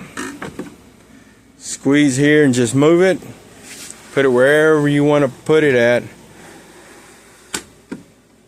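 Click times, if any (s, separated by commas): 7.6 s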